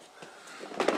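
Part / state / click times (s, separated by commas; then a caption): top lid onto a radio power box / not seated / none. A top lid is being fitted back onto a ham radio power box by hand. A faint low rustle of handling builds into louder scraping and short knocks around 0.8, 0.9 and 1.0 seconds. The lid has not seated yet.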